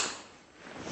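A new plastic mixing nozzle is handled at the front of a spray foam gun after the old one has been ejected, giving a broad scraping, rustling noise that fades and then swells again near 0.9 s. The clip ends before the nozzle goes home, so nothing has clicked or locked into place yet.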